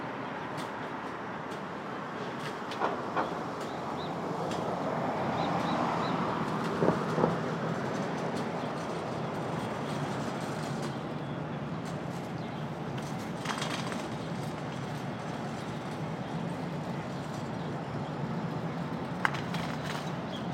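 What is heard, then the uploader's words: Street traffic on a Brooklyn dawn, a steady low rumble and hiss that swells slightly around five to eight seconds as a vehicle passes. Short clicks and knocks cut through near three, seven, thirteen and nineteen seconds. Brooklyn Dawn, 4 - 17 - 20, Street Traffic II.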